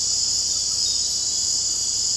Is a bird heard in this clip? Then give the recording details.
no. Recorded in secondary vegetation near Puerto Asís, Putumayo, Colombia, on 19 February 2024 at 00:30. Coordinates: 0.489, -76.322. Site G6419